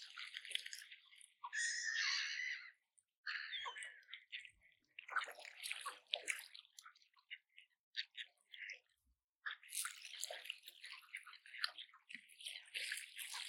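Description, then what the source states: Ducks feeding, busy flurries of wet pecking and clicking sounds with brief quiet gaps. Ducks fed peas at the lake in Saltwell Park in January.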